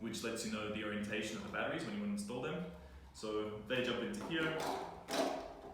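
A battery box is handled near its slot in a HOTTAP V2 portable water heater unit while someone talks throughout, with faint taps under the speech. Nothing has seated or clicked yet; the box is not yet home in the heater housing.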